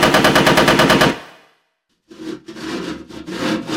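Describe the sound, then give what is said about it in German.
A loud, rapid burst of AK-47 automatic fire lasting about a second, then a brief silence before a second, rougher and less even stretch of gunfire. “Und eine echte AK-47.”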